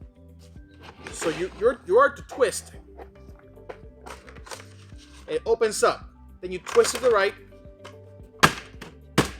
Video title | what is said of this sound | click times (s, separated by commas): Tiovo Telescopic Stool Review | and then locks into place then you pull up again because it's spring loaded | 9.2 s